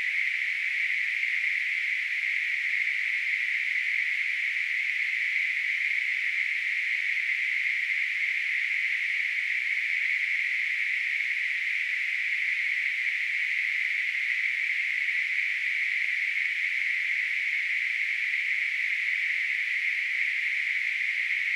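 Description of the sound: A steady, unbroken hiss centred around a high-middle pitch near 2 kHz holds at the same level for over 20 seconds, with no pulses or gaps. It is a simulation of tinnitus, the constant ringing or hissing heard in the ears.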